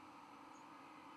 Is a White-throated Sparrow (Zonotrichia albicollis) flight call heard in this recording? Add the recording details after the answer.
no. Another species' flight call is heard. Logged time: 23:17 on 11 November 2014